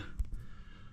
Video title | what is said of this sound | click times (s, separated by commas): Replacement of leaking shutoff valve using sharkbite slip coupling | We're going to slip it back over till it locks into place. | 0.2 s